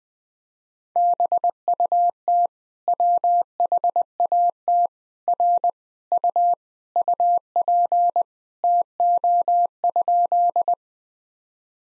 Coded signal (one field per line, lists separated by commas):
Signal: Morse code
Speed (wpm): 21 wpm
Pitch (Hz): 700 Hz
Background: none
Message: BUT WHAT R U UP TO?